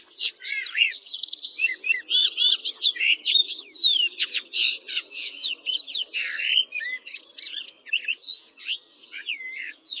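Barred warbler singing a long, rapid, chattering warble of harsh scratchy notes mixed with clearer whistled slurs, delivered almost without a break.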